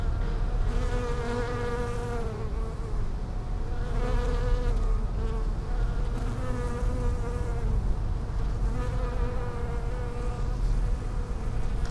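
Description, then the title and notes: Bees buzzing, strong droning hums swelling and fading repeatedly, with rich harmonics over a low background rumble. Bees in lavender in the palliative care service garden of Hôpital Brugmann, Brussels, Belgium, a peaceful spot apart from other hospital pavilions; recorded with Sony PCM-M10 internal microphones. "Hôpital Brugmann, Place Arthur Van Gehuchten, Bruxelles, Belgique - bees in the palliative care services garden. Bees in the lavender from the palliative care service's garden. Abeilles dans la lavande, jardin du service de soins palliatifs"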